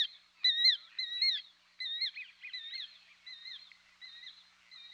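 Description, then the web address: Killdeer calls: a series of shrill, rising-then-falling whistled notes, repeated in quick succession, gradually growing softer. "Dan Gibson Wildlife Identification By Sound, Western North America. Killdeer"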